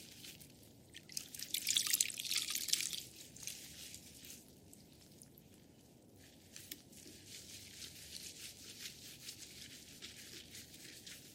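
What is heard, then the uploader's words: Hair being washed during a head massage: soft wet rubbing and squishing, loudest around two seconds, then quieter steady lathering with faint drips. ASMR Relaxing head massage with hair washing.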